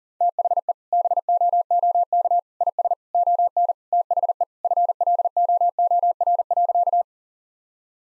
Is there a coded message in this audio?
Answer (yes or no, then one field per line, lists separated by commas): yes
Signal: Morse code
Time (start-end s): 0.2-7.0 s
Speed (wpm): 37 wpm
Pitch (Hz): 700 Hz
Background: none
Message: THE BOOK IS ON THE FLOOR.